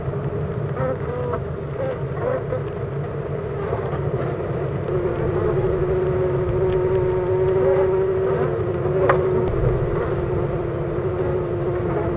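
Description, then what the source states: Honey bee hive humming, a thick continuous buzz with a wavering steady tone, swelling slightly in the second half. Hive of honey bees at Clara Vale, Gateshead, UK.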